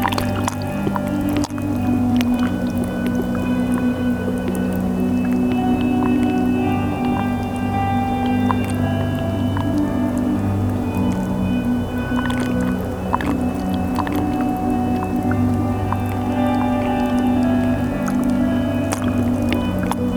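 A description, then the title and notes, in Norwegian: Water sounds with a steady, low droning rumble that holds even for the whole twenty seconds. Over it come scattered sharp clicks and short squeaky, whistling tones, some brief, some drawn out, arriving irregularly every second or so. Lyder av vann i flere stadier.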